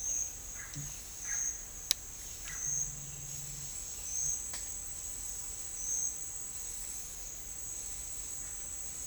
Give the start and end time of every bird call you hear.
[0.57, 0.73] bird call
[1.27, 1.42] bird call
[2.46, 2.68] bird call

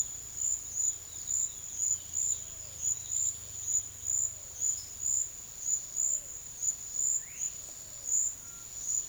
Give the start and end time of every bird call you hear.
[0.29, 4.28] bird call
[7.12, 8.72] bird call

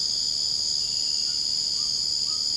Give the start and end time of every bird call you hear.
[1.71, 2.57] bird call

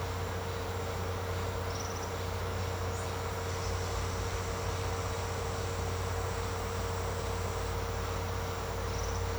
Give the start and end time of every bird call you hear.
[1.59, 2.15] bird call
[8.85, 9.32] bird call

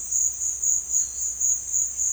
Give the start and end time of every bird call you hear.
[0.02, 2.12] bird call

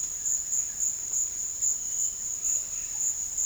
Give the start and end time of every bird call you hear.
[2.72, 3.45] bird call

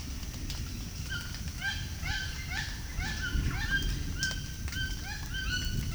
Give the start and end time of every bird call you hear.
[1.05, 5.95] bird call

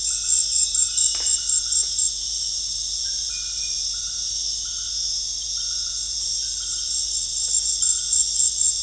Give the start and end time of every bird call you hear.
[0.07, 2.03] bird call

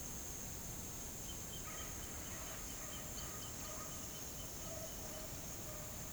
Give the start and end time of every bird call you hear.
[1.22, 5.24] bird call

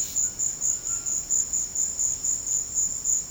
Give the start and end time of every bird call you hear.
[0.20, 1.24] bird call

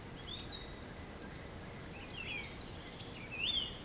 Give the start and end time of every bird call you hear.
[0.17, 0.69] bird call
[1.94, 2.50] bird call
[3.14, 3.71] bird call

